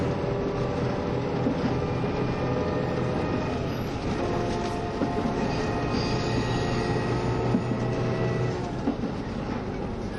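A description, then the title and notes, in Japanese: Running sound of the KiHa 72 Yufuin no Mori diesel train between Ukiha and Hakata. A steady, dense rumble holds at an even level throughout, with a sustained engine drone of layered humming tones on top. Faint clicks and knocks from the wheels pass through it. 配信は、JR九州キハ72系 ゆふいんの森06号02 うきは～博多です。走行音。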